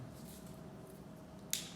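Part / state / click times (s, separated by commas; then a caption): deployment clasp closing on a watch strap / seated / 1.5 s. A Breitling Avenger Hurricane watch is put on and the deployment clasp of its strap is pressed shut, with a low steady hum underneath. One sharp, bright click rings out at 1.5 seconds as the clasp clicks right in and seats.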